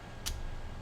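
A back cap is refitted onto the rear of a Bob Long G6R/MVP paintball marker body after its internals are reinstalled. A single short, sharp click sounds at 0.3 s over a low, steady background hum. The back cap pops into place and is seated.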